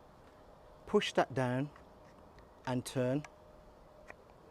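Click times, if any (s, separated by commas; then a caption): 4.1 s. A spray lance for a Kärcher K2 pressure washer is pushed into the trigger gun and turned while someone talks. A short click at 4.1 s marks the lance's bayonet fitting locking into place in the trigger gun.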